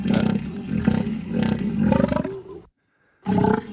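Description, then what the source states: Elephant seal calls, deep pulsed rattling roars repeated in bursts, a brief silence, then another loud throbbing roar. Several individuals calling in turn; each elephant seal has individually distinct calls, likened to a tractor struggling to start; heard when ashore.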